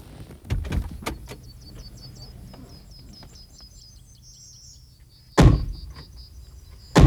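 Car doors clunk open with a few rattling knocks as people get out of a car, followed by a quiet stretch of soft shuffling and faint high bird chirps, then two loud, sharp door slams.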